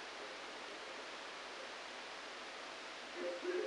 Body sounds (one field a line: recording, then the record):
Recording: brain microelectrode recording played as sound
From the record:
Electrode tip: outside the subthalamic nucleus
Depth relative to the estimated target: 1 mm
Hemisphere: right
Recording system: NeuroSet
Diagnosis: Parkinson's disease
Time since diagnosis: 9 years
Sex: male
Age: 56 years